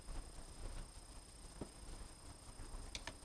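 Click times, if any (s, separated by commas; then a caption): 2.9 s, 3.1 s. An electrical plug is pushed back onto the Haldex Gen 5 AWD coupling pump connector of an MK7 VW Golf R / 8V S3 / RS3 against low background noise and faint handling rustle. Two short, sharp clicks are heard at 3.0 s and 3.1 s as the plug locks in. The connector is seated and secure, clipped in as it was from the factory.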